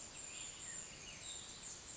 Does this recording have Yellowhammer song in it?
no